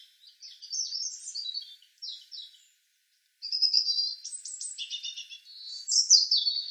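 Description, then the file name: European robin song: high, thin warbled phrases, a short burst, brief silence, then a longer tumbling run of sweet notes. "Erithacus rubecula"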